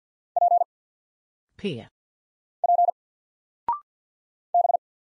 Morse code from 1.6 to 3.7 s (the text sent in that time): P